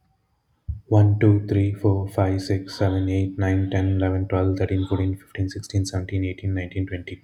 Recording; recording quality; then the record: counting at a fast pace; excellent, no background noise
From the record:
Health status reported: healthy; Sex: male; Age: 39 years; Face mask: not worn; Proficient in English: yes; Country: India